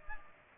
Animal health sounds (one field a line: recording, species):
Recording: mosquito wingbeat signal from an infrared sensor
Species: Aedes aegypti